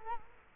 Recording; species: mosquito wingbeat signal from an infrared sensor; Culex quinquefasciatus